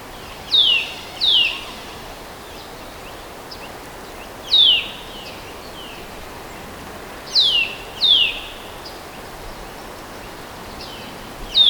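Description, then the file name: Eurasian nuthatch repeating bright, falling whistled notes, mostly in doubled pairs spaced a few seconds apart, with a low constant hiss behind them. "Sitta europaea"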